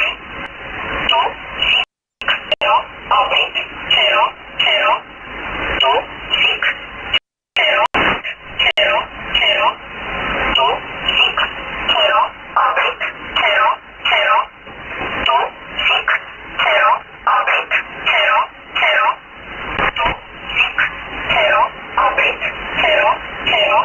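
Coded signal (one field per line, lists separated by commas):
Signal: numbers station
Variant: E11 Oblique, English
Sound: single voice reading short words at a steady even pace over narrowband radio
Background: radio static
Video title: 30 07 2018 E11 Oblique Numbers station in English to Eu 0745 on 9610 unknown tx site in USB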